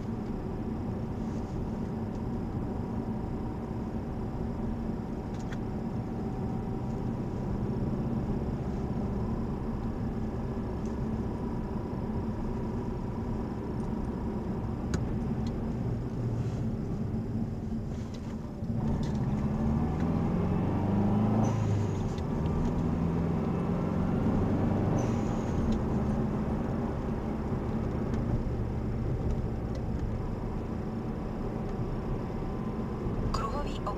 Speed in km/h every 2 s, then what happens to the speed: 38, 38, 38, 39, 40, 39, 39, 37, 28, 31, 46, 53, 58, 58, 54, 53, 55.
0-12 steady at about 39. 12-17 slows to 28. 17-23 speeds up to 58. 23-34 steady at about 55.